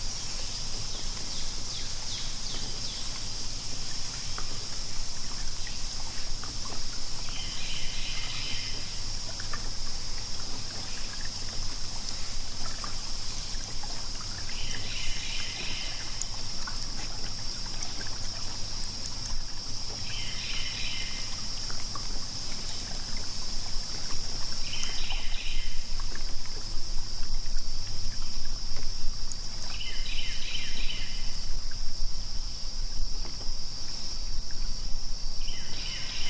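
Water splashes and trickles steadily under a constant high insect-like hiss, while a bird chirps in short bursts about every five seconds.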